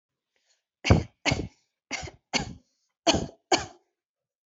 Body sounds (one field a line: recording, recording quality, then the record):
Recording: shallow voluntary cough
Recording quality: excellent, no background noise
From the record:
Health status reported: healthy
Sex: female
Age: 20 years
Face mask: not worn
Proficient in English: yes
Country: India